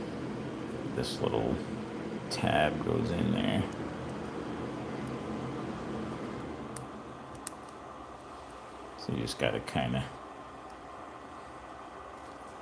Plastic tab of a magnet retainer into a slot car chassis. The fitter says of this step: wiggle it around a little bit till it clicks in